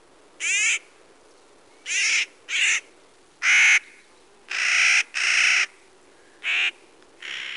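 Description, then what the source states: Clark's nutcracker calls: harsh, grating, nasal notes given singly or in pairs at irregular intervals. Large repertoire of calls, up to 13 distinct call notes, varying among individuals.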